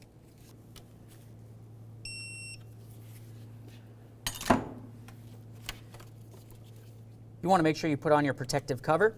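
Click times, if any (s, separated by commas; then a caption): 4.3 s. A click-type torque wrench tightens a bolt on the alternator of a 2009-2020 Dodge Journey to 88 inch-pounds, with the wrench's click at 4.3 s. A brief tonal beep sounds around 2.0 s over a steady low hum, and someone talks near the end.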